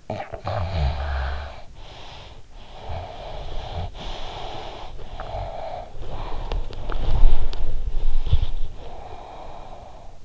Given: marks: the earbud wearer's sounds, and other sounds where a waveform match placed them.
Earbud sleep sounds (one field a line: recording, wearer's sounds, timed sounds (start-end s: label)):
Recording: sounds in sleep by an in-ear microphone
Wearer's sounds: snoring breath, breath, body movement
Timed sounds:
0.00-2.47 s: snoring breath
2.69-5.00 s: breath
5.13-6.66 s: breath
6.82-8.58 s: body movement
8.00-10.25 s: breath